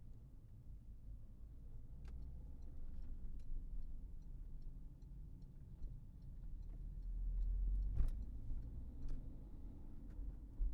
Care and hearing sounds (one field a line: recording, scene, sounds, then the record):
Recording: everyday scene through a hearing-aid microphone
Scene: in a vehicle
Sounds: engine, highway driving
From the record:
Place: Berlingo II, diesel engine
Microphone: behind the ear, right, rear